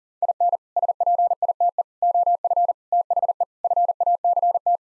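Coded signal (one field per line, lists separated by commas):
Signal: Morse code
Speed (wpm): 40 wpm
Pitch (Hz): 700 Hz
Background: none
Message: IN SPITE OF THE FACT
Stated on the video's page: Morse code head-copy drill at 40 wpm, sending common English six-word groups, each sent, spoken, then sent again.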